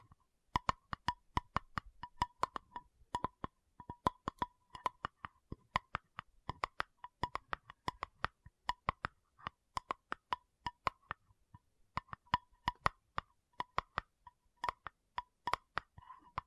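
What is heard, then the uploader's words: Tapping sounds in sharp, crisp clicks, arriving in quick irregular bursts and pairs throughout, with brief pauses and a faint steady tone beneath. ASMR 1 Hour Tapping Session (No Talking).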